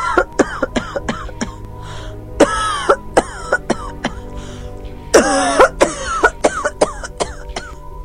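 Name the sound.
violent coughing fit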